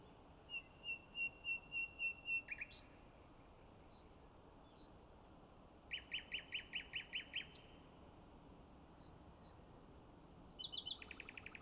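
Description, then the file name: Common nightingale song: soft repeated piping notes and a loud sweep, then a fast burst of pulsed notes. A rapid trill follows a few faint whistles, with steady hiss throughout. "Luscinia megarhynchos"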